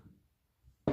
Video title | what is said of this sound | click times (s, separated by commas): UV-9R Pro Multipin to Kenwood 2 pin adapter. | locked up heard it click in the place | 0.9 s